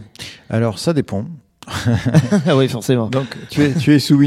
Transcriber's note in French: rires